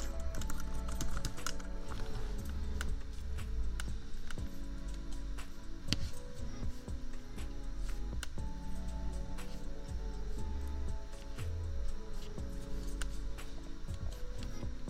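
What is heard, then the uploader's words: Quick irregular keyboard taps click over a mellow beat with deep stepping bass notes, while a steady low fan hum runs underneath throughout. Typing. No Talking. Just a lazy evening of keyboard tapping, royalty-free lofi beats, and an annoying laptop fan hum that no amount of equalizers or compressors could ever truly remove.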